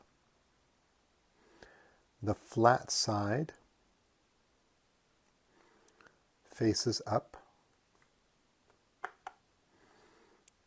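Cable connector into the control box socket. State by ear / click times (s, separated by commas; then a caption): seated / 9.1 s. Someone talks while a small plug-in connector, flat side facing up, is pushed into the left-side socket of the small control box of a Quantum Resonance Crystal Lites set. A sharp click at 9.1 s marks the connector seating home, followed by a few more soft clicks and light handling sounds.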